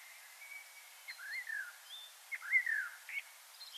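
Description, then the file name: Common blackbird song: soft, drawn-out fluty whistles sliding down in pitch, over steady background hiss. "Turdus merula"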